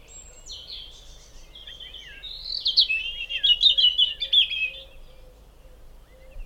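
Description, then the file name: European robin song: one long, varied phrase of high sliding whistles and rapid trills that grows louder mid-phrase, then fades; a faint low steady hum underneath. "Erithacus rubecula"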